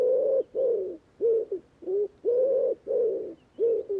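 Bird repeating low coos in a quick series, some long and some short.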